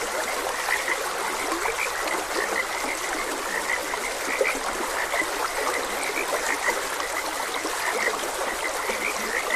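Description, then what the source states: Continuous chorus of frogs croaking, short clicks and croaks packed closely together, over the even hiss of a running stream. Frogs croaking beside a gentle stream.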